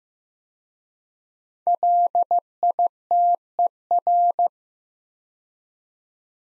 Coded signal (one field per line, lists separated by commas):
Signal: Morse code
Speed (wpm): 15 wpm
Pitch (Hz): 700 Hz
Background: none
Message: LITER